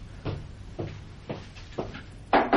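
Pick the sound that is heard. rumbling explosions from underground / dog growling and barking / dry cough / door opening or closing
door opening or closing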